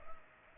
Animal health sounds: mosquito wingbeat signal from an infrared sensor; Culex pipiens

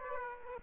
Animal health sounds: mosquito wingbeat signal from an infrared sensor; Aedes aegypti

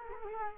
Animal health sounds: mosquito wingbeat signal from an infrared sensor; Culex quinquefasciatus

